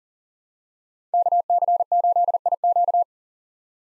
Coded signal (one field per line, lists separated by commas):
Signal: Morse code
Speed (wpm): 40 wpm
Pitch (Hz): 700 Hz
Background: none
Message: KC8IQ